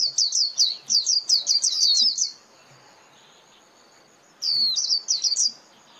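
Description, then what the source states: White-eye: a long run of quick, high, wavering chirps, a two-second pause, then a shorter burst of the same thin notes. Lure call used for trapping white-eyes, known as mồi.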